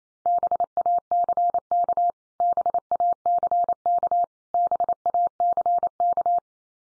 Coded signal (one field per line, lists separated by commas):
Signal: Morse code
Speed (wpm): 28 wpm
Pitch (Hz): 700 Hz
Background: none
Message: BACK BACK BACK